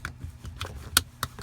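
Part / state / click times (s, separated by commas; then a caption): vehicle seat belt latch plate into buckle, securing car seat base / seated / 1.0 s. A vehicle seat belt, threaded through a car seat base, has its latch plate pushed into the buckle to lock the base in place. After a few soft clicks and rattles, a sharp, bright click is heard at 0.97 s as the buckle locks in. Another click follows at about 1.2 s.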